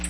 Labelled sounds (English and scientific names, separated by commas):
Black-throated Blue Warbler (Setophaga caerulescens) flight call